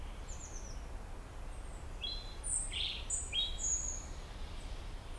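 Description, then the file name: European robin: high, thin, sliding notes and trills through most, against constant low rumbling noise. "Erithacus rubecula"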